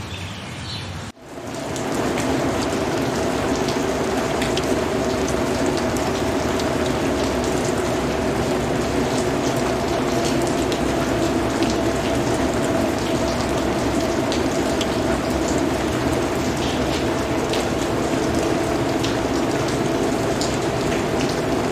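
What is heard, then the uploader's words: Steady dense rain patters with faint chirping tones layered through it, after a brief dip near the start, holding even throughout. Raindrops, Frogs, Crickets and Chimes.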